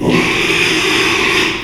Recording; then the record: squeal of a Yucatan mini pig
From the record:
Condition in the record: after surgery on the right vocal fold (resection and tissue-engineered implant); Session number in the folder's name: 1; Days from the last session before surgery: 6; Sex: male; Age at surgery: 12 weeks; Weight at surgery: 13 kg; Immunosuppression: cyclosporine, prednisolone